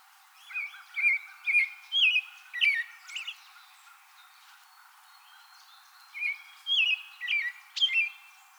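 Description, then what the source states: American robin song: two runs of whistled caroling phrases, about six then four, separated by a pause. Recorded 2020-04-24.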